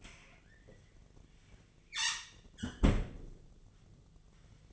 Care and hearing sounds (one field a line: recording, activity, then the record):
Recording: daily activity, microphone in the room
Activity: close fridge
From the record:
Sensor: 4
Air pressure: 1010.5 hPa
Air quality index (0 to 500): 177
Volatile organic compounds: 5 ppm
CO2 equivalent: 1794 ppm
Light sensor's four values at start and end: 28/83/32/33 and 33/98/39/39